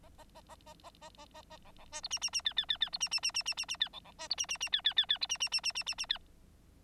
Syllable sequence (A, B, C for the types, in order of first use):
A A A A A A A A A A B B C D E E E F F F F D E E E E E E E F B B C D E E E F F F F E E E E E E E F